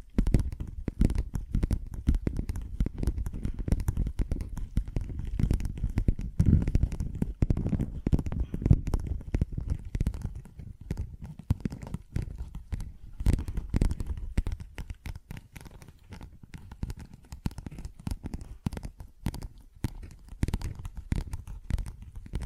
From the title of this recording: Tapping, Scratching & Zipper Sounds